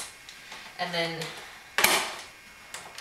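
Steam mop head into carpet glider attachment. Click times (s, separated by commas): 1.8 s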